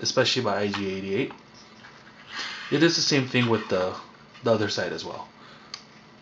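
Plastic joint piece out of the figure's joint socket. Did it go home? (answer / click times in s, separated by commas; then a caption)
released / 5.7 s. Someone talks while handling a 1:6 scale Sideshow Collectibles Star Wars IG-88 robot action figure. A removable plastic joint piece is pulled out of the figure's plastic joint socket, and it pops out with a short, sharp click at 5.7 s, releasing the piece.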